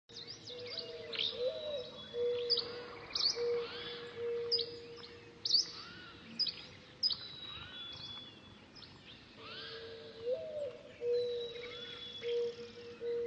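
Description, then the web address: Busy bird chirping, with high sharp notes about once a second in irregular groups, and a low continuous tone that rises briefly twice. "funny birds"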